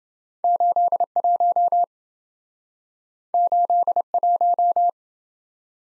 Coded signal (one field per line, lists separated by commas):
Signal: Morse code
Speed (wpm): 28 wpm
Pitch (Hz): 700 Hz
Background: none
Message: 81 81